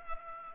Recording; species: mosquito wingbeat signal from an infrared sensor; Culex pipiens